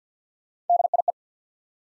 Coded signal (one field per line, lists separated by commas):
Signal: Morse code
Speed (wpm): 50 wpm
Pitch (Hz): 700 Hz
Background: none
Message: D I E